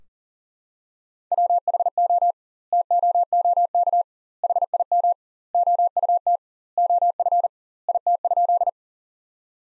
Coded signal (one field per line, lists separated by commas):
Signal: Morse code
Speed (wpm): 40 wpm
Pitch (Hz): 700 Hz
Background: none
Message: WHO TOOK HIM OUT OF IT?